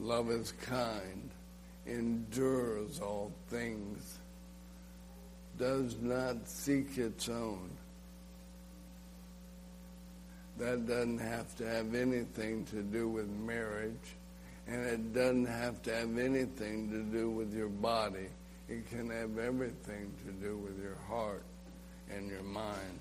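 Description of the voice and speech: An adult man with ALS, diagnosed last summer and now terminal, speaks slowly in a flat voice, with long pauses and stretched sounds: dysarthria, a slur heard because talking takes muscle that the disease is weakening.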